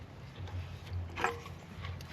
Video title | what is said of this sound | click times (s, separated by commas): Sprinter Front Bumper Installation Guide - Backwoods Adventure Scout bumper - Step by Step | push it in till it clicks on both sides | 0.5 s, 1.2 s